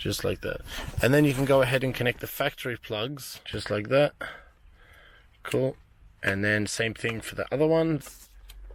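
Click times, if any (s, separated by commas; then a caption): none. The factory plastic head unit plugs of a 2009-2020 Nissan 370Z are being connected into the harness connector while someone talks. Handling sounds are heard, but nothing has seated or clicked yet.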